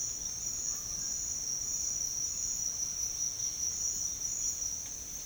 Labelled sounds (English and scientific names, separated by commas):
none